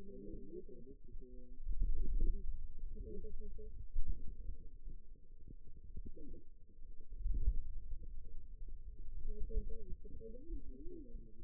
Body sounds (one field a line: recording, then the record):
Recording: forearm muscle sounds (acoustic myography)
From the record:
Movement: pen grasping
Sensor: system 2, bracelet of six BSWA MPA416 microphones around the upper forearm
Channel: 3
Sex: female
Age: 21 years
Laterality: right